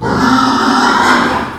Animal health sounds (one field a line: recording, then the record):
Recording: squeal of a Yucatan mini pig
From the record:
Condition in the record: after surgery on the right vocal fold (resection and tissue-engineered implant)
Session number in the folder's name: 12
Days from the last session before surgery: 105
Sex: female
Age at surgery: 19 weeks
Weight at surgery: 25 kg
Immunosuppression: prednisolone